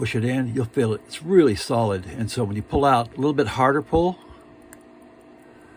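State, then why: Released. A pocket watch's winding crown is pulled outward a little harder on its stem while someone talks. After the talking stops, a short, sharp click at 4.7 s marks the crown releasing from the neutral position out to the setting position.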